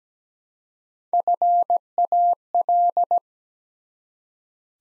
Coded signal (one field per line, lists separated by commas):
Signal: Morse code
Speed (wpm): 17 wpm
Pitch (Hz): 700 Hz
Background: none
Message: FAL